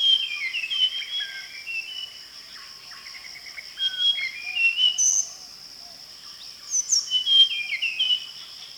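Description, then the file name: Mangrove blue flycatcher song, with varied whistled phrases, falling slurs and brief trills in several bursts, while a constant high-pitched buzz carries on throughout. "sikatan bakau"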